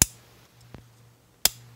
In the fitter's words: then what you want to do here is just go ahead and take your thumb and press down firmly until you hear that snap into position and